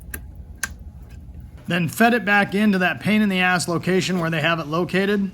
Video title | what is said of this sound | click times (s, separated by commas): AC/HEATER FAN NOT BLOWING HOWTO DIAGNOSE & REPLACE A BAD BLOWER MOTOR/RESISTOR ON 2011 GRAND MARQUIS | I went ahead and plugged the new resistor into the harness. Make sure you listen for that clicking sound of the detent on that plastic tab. | 0.6 s